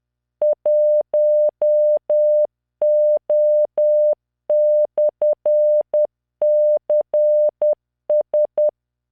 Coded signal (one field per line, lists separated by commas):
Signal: Morse code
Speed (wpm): 10 wpm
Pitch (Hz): 600 Hz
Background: none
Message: 1O/CS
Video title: tamanのモールス練習動画95（モールス信号 速度10WPM morse code)